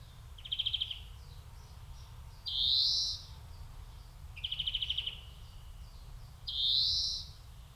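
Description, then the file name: European greenfinch alternating a short rattling trill with a drawn-out, buzzy rising wheeze, the pair given twice. "Chloris chloris"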